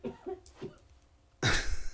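Several soft, deep, muffled adult coughs in quick succession, dampened by coughing into a unicorn plush toy, followed by a louder, harsher burst. Plain cough in a small room, with no wheeze or stridor audible.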